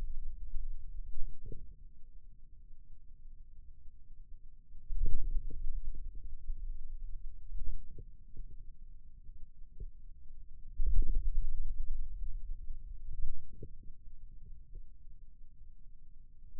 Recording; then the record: forearm muscle sounds (acoustic myography)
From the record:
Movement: wrist extension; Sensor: system 2, bracelet of six BSWA MPA416 microphones around the upper forearm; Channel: 1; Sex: male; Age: 22 years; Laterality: right